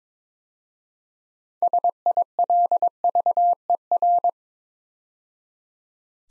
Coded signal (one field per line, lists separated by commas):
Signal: Morse code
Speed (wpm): 22 wpm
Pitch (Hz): 700 Hz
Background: none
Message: SILVER